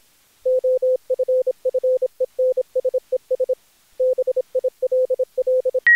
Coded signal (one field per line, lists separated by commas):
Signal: Morse code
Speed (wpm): 25 wpm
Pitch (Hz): 510 Hz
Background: none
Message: OFFENSES BILL